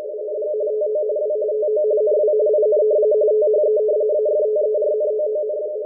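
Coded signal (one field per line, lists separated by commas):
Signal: RTTY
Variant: 45 baud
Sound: steady rapid warbling chatter between two close low-pitched tones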